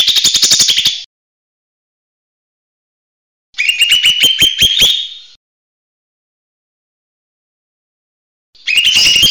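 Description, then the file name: Leafbird song: bursts of rapid rattling, clicking trills separated by long silent gaps, the middle burst rising slightly. Recording for training songbirds; song style named "tembakan besetan". "audio cucak hijau mini tembakan besetan omkicau"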